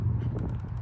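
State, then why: Not seated. A taillight power cord connector on the wiring harness is handled and pushed toward the rear taillight socket during an F30 M Sport rear bumper conversion with PDC. Steady low-frequency handling noise is broken by two brief, faint sharp ticks near 0.4 and 0.5 seconds. The connector has not snapped in or seated yet.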